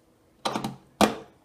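A UV bulb is pressed all the way into its socket in a MelodySusie 54 watt UV nail lamp and clicks into place at 0.5 s, followed by a couple of quick, lighter clicks. A second, louder sharp knock comes at about 1.0 s. The bulb is seated.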